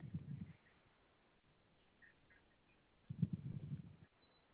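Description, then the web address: Koala making two low, rough grunting bursts, a short one then a longer one about three seconds later, with quiet between. Dated 3 9 2021, 10:52 AM. "Koala CS Brownstonerecordings 3 9 2021"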